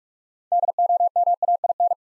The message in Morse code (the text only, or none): DOMAIN